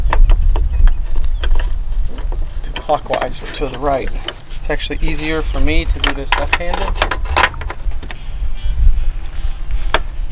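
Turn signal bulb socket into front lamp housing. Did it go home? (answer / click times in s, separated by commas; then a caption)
yes / 9.9 s. The plastic bulb socket holding a new amber bulb is slid into the front turn signal lamp housing of a 2007 Toyota 4Runner and twisted clockwise while someone talks over scattered handling taps. A small, sharp click at 9.9 s is the socket locking into place, and the socket is seated.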